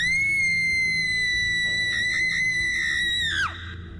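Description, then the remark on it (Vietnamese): A single shrill, piercing scream holds a high, steady pitch for over three seconds, wavers briefly midway, then drops sharply and cuts off, loud over a low background rumble. “Giây phút lưỡi dao vừa lộ ra thì một tiếng hét chói tai từ đâu vang lên, làm cho Dư Tô run rẩy.”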